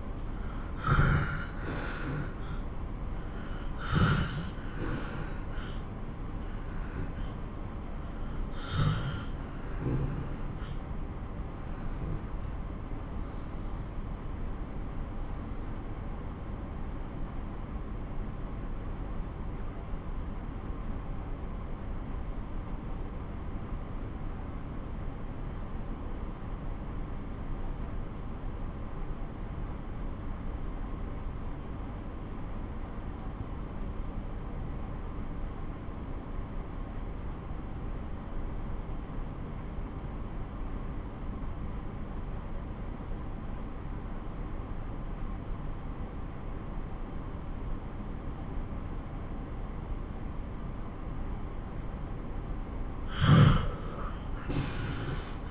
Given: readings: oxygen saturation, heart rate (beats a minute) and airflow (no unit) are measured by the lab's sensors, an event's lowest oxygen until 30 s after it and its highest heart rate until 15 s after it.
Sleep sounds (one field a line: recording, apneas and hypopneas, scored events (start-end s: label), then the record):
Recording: breathing in sleep by a smartphone at the bedside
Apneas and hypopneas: 1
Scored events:
10.00-40.00 s: new sleep stage, N2 (light sleep)
10.00-51.00 s: obstructive apnea (N2, oxygen 94% highest, then 89% lowest)
40.00-55.51 s: new sleep stage, N1 (lightest sleep)
From the record:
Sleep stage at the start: N1 (lightest sleep)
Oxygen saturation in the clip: 85 to 94%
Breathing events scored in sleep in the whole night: 217 in 6.3 hours asleep